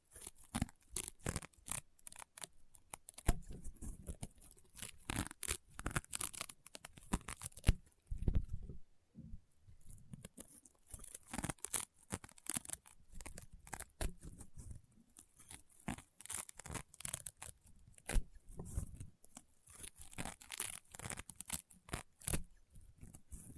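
Rainbow honeycomb slime being squeezed gives off a dense run of crunchy pops and crackles, sharp snaps coming several per second with bright hiss on each. Around eight to nine seconds a few low squelchy presses stand out before the crackling resumes steadily.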